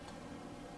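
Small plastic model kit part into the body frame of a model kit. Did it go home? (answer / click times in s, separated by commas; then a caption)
no / none. A small blue plastic part is pressed into the middle of the body frame of a 1/144 HG Gundam AGE-1 Spallow model kit. A steady, fairly dense noise with faint ticking runs through the clip, with no distinct click. Nothing has seated or clicked yet.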